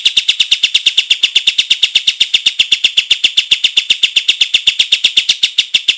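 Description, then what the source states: Olive-winged bulbul song: an unbroken, fast stream of high, sharp chirps, about four per second, steady throughout. Described as gacor, singing loudly and continuously.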